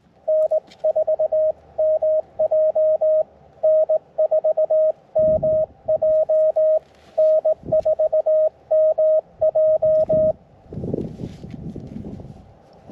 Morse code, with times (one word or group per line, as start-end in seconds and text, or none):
0.3-3.2 N4MJ
3.6-6.8 N4MJ
7.2-10.3 N4MJ